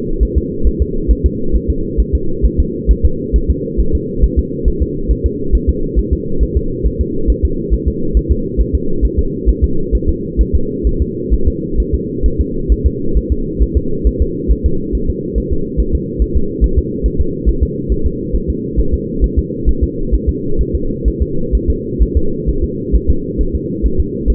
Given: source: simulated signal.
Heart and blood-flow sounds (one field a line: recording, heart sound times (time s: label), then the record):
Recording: fetal heart sounds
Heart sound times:
0.23 s: S1
0.38 s: S2
0.67 s: S1
0.82 s: S2
1.11 s: S1
1.26 s: S2
1.55 s: S1
1.70 s: S2
2.00 s: S1
2.15 s: S2
2.45 s: S1
2.60 s: S2
2.91 s: S1
3.05 s: S2
3.36 s: S1
3.50 s: S2
3.80 s: S1
3.95 s: S2
4.24 s: S1
4.39 s: S2
4.68 s: S1
4.82 s: S2
5.11 s: S1
5.26 s: S2
5.55 s: S1
5.69 s: S2
5.99 s: S1
6.13 s: S2
6.43 s: S1
6.57 s: S2
6.86 s: S1
7.01 s: S2
7.30 s: S1
7.45 s: S2
7.74 s: S1
7.88 s: S2
8.17 s: S1
8.32 s: S2
8.61 s: S1
8.75 s: S2
9.05 s: S1
9.19 s: S2
9.49 s: S1
9.64 s: S2
9.95 s: S1
10.09 s: S2
10.41 s: S1
10.55 s: S2
10.87 s: S1
11.02 s: S2
11.34 s: S1
11.48 s: S2
11.80 s: S1
11.94 s: S2
12.26 s: S1
12.41 s: S2
12.72 s: S1
12.86 s: S2
13.17 s: S1
13.32 s: S2
13.62 s: S1
13.77 s: S2
14.07 s: S1
14.22 s: S2
14.52 s: S1
14.66 s: S2
14.95 s: S1
15.10 s: S2
15.38 s: S1
15.53 s: S2
15.80 s: S1
15.95 s: S2
16.22 s: S1
16.37 s: S2
16.64 s: S1
16.79 s: S2
17.06 s: S1
17.21 s: S2
17.49 s: S1
17.63 s: S2
17.92 s: S1
18.06 s: S2
18.35 s: S1
18.50 s: S2
18.80 s: S1
18.94 s: S2
19.24 s: S1
19.39 s: S2
19.69 s: S1
19.84 s: S2
20.14 s: S1
20.29 s: S2
20.61 s: S1
20.75 s: S2
21.08 s: S1
21.22 s: S2
21.55 s: S1
21.70 s: S2
22.03 s: S1
22.17 s: S2
22.49 s: S1
22.64 s: S2
22.95 s: S1
23.10 s: S2
23.41 s: S1
23.55 s: S2
23.86 s: S1
24.00 s: S2
24.30 s: S1
From the record:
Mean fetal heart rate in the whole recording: 135 bpm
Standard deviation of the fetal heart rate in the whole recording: 3 bpm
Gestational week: 34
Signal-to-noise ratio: -8.1 dB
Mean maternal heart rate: 72 bpm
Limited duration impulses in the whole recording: absent